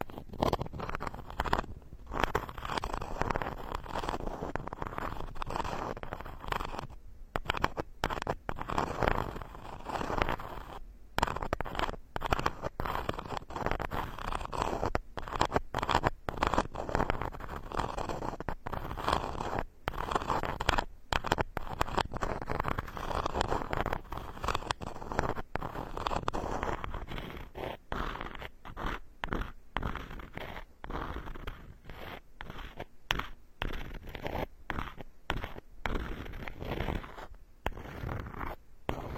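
Wooden tools rub and scrape across the scalp in a steady, dense run of close strokes, the scratchy texture filling the low and middle range. Brief silent gaps break the stream every second or two, more often toward the end, with no other sounds behind.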